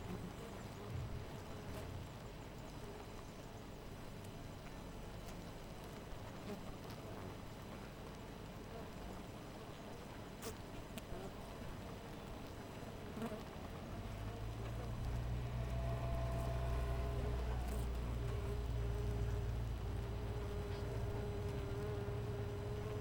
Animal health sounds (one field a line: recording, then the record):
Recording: honeybee colony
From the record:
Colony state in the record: missing queen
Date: 14 July 2017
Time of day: 4:40